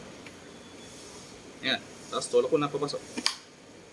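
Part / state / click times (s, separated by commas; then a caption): helmet visor into helmet side pivot mount / seated / 3.3 s. A plastic visor on an EVO XR carbon helmet is pushed inward onto the helmet's side pivot mount while someone talks. One sharp snap at 3.3 s shows the visor has seated and locked into place.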